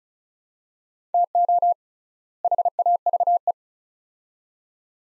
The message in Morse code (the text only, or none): TO HAVE